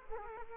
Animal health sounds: mosquito wingbeat signal from an infrared sensor; Culex quinquefasciatus

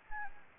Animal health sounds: mosquito wingbeat signal from an infrared sensor; Anopheles gambiae

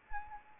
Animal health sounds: mosquito wingbeat signal from an infrared sensor; Anopheles arabiensis

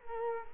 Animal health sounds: mosquito wingbeat signal from an infrared sensor; Culex quinquefasciatus

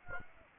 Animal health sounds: mosquito wingbeat signal from an infrared sensor; Aedes aegypti

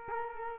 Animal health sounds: mosquito wingbeat signal from an infrared sensor; Culex quinquefasciatus

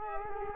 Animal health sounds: mosquito wingbeat signal from an infrared sensor; Culex quinquefasciatus

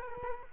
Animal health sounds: mosquito wingbeat signal from an infrared sensor; Culex quinquefasciatus

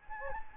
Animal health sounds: mosquito wingbeat signal from an infrared sensor; Anopheles gambiae

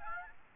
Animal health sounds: mosquito wingbeat signal from an infrared sensor; Aedes aegypti

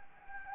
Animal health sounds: mosquito wingbeat signal from an infrared sensor; Anopheles gambiae

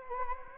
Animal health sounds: mosquito wingbeat signal from an infrared sensor; Anopheles gambiae

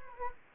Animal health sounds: mosquito wingbeat signal from an infrared sensor; Anopheles gambiae

